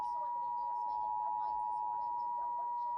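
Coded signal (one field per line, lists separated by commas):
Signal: Emergency Alert System (SAME) tones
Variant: 853 and 960 Hz attention tone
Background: speech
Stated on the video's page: Severe thunderstorm warning EAS alert on TV.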